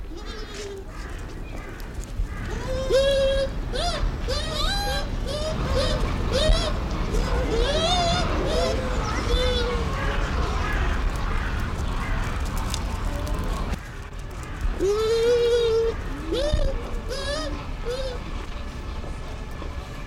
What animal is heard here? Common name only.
Bush Dog